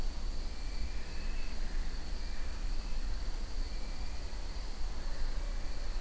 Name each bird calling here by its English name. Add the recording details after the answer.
Western Barn Owl. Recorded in France